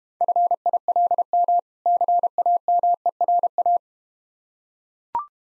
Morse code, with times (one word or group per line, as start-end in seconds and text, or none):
0.2-1.6 FILM
1.9-3.8 CAMERA